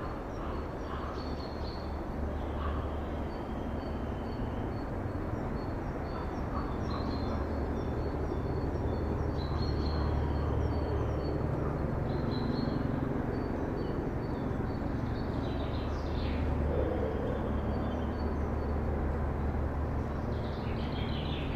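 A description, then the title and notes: Birds call and sing in a Black Forest nature reserve, with short chirps and thin whistles scattered across the clip and a clearer burst of calls around the sixteenth second. Underneath runs a steady, dense low rumble that stays level throughout. Heute nehme ich Euch mit in ein Naturschutzgebiet im Schwarzwald. A nature reserve in the Black Forest.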